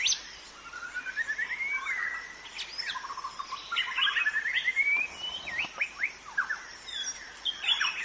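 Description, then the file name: White-rumped shama song of fluty whistles and quick rising notes, broken by rapid stuttering chips and trills. Forest white-rumped shama, called 'murai batu hutan'. "suara muraibatu hutan omkicau"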